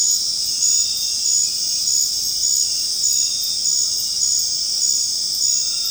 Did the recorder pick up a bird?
no